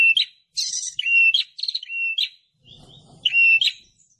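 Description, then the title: Prinia call sequence of rapid, harsh chirps and buzzy notes run closely together, then a short pause before a final chirp, with faint low noise. Noisy prenjak calls used as a lure to attract red-headed prenjaks and visiting prenjaks. "Suara Prenjak Ribut Buat Pikat Burung Prenjak Kepala Merah Prenjak Tamu"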